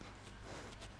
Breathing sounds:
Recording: one breath in and out by a microphone near the nose and mouth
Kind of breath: strong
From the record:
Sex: male

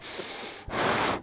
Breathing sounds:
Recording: one breath in and out by a microphone near the nose and mouth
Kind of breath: strong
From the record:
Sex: male

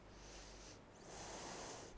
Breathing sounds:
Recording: one breath in and out by a microphone near the nose and mouth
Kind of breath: deep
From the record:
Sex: female

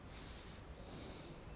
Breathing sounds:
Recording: one breath in and out by a microphone near the nose and mouth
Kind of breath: normal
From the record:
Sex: male

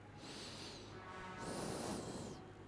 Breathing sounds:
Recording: one breath in and out by a microphone near the nose and mouth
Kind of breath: normal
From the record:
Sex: male

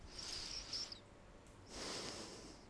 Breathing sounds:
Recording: one breath in and out by a microphone near the nose and mouth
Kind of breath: deep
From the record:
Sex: male

